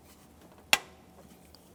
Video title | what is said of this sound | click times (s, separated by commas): How to Replace Exhaust Variable Valve Timing Solenoid 2010-2013 Kia Forte Koup 2.4L I4 | while pressing you want want to try to hear a nice click | 0.7 s